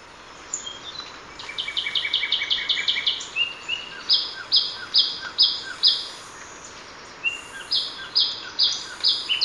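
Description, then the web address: Sepia-brown Wren song: a rapid chatter of bright notes, then slower, stronger whistled notes repeated roughly every half second, over steady high hiss. Ecuador. "Natures Songs S America Birds of Ecuador Sepia-brown Wren"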